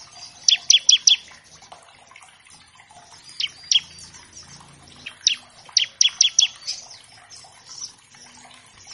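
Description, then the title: Bar-winged Prinia song: a short burst of sharp, high chips, then scattered single notes and another quick series, over a faint background of twittering. Master track of an actively singing (gacor) ciblek, used as a lure to train captive birds of all kinds and prompt them to sing quickly. "Masteran Ciblek Gacor Vs Kenari Gacor Untuk Masteran Semua Jenis Burung. Pancingan Ciblek bahan agar cepat bunyi. Burung Ciblek"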